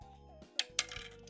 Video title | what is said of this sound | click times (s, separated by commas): Building a gaming PC for less than 200$ in 2026 | Aha. Little click. | 0.6 s, 0.8 s